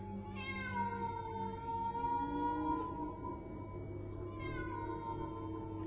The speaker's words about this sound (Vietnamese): Đột nhiên, con mèo kêu lên mấy tiếng. Trong đêm, tiếng mèo kêu nghe rợn cả người.